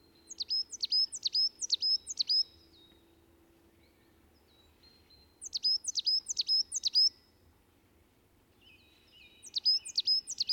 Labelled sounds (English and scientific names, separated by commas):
Coal Tit (Periparus ater) song